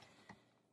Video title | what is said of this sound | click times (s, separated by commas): Best Food Processor For Dough and Nut Butter in 2020 | turn the unit off want to make sure that that's locked into place so | 0.3 s